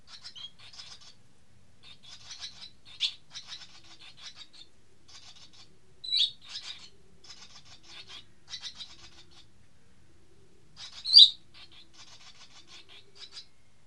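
Bird song, a busy run of high, rasping, twittering notes in close clusters. Louder sharp chirps break through now and then against a quiet background.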